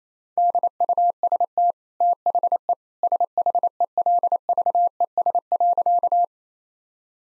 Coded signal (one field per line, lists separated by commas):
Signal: Morse code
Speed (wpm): 28 wpm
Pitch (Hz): 700 Hz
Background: none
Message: DUST THE SHELVES.